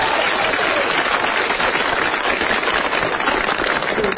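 An audience reluctantly applauds a performer, a steady, dense wash of clapping that holds at an even level for about four seconds, with no voices rising above it.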